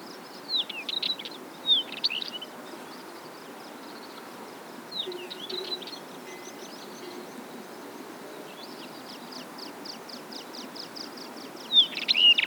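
Northern wheatear song in several scratchy, crackling phrases of rapid high notes with brief whistles, separated by pauses of a few seconds, over faint background hiss.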